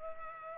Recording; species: mosquito wingbeat signal from an infrared sensor; Culex pipiens